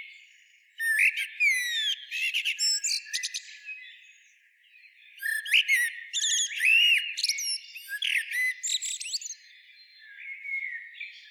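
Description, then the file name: Common blackbird song: fluted, slurred whistles mixed with high, thin twittering, in two long phrases separated by a brief pause, then a softer phrase begins. "Turdus merula"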